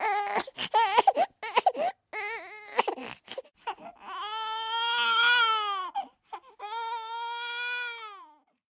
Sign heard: Baby crying.